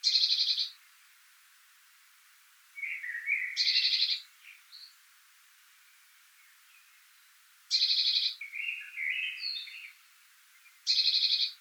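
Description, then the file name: Eurasian blue tit repeating harsh, buzzy churring bursts every few seconds, with soft chattering twitters between them. "Cyanistes caeruleus"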